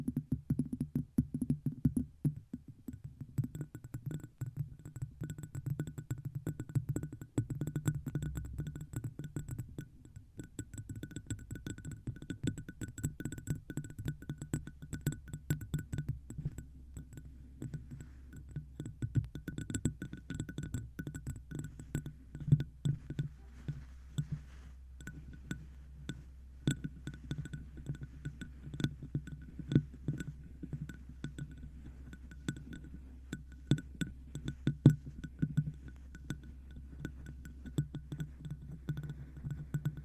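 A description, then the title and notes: Objects are tapped on a microphone in quick, uneven bursts that continue for the whole stretch, with sharper knocks standing out now and then. A steady low hum sits underneath, and faint thin whining tones run constantly above. ASMR Tapping 6 Random Tingly Objects On The Mic,(No Talking).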